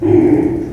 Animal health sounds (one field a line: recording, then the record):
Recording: squeal of a Yucatan mini pig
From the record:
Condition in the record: before surgery on the right vocal fold (resection and tissue-engineered implant)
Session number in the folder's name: 2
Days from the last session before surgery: -15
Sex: female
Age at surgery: 19 weeks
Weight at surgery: 25 kg